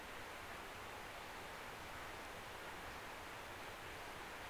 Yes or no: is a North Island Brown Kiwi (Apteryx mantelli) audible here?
no